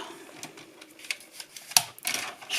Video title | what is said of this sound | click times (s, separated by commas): Zoom sur la Canon Selphy (revue complète + utilisation pour le Project Life) | vais réussir à la mettre dans le bon sens elle se clipse toute seule | 1.8 s